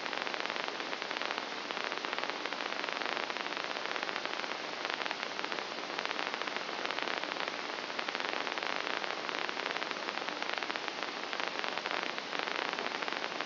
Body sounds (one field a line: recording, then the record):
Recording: brain microelectrode recording played as sound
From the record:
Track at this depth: inside the subthalamic nucleus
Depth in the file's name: 1.626 mm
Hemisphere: left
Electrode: 2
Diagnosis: Parkinson's disease